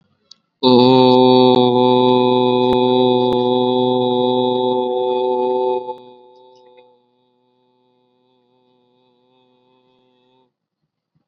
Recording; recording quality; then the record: sustained vowel as in boot; excellent, no background noise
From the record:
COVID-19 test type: RT-PCR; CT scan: not taken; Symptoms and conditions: none ticked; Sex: male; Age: 18 years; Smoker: yes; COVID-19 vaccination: both doses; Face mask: worn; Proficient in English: yes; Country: India